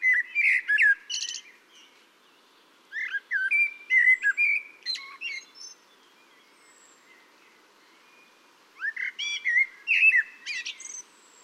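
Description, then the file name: Common blackbird singing three separate bursts of mellow whistles ending in high, scratchy twitters, with silent gaps of a few seconds between them. "Turdus merula"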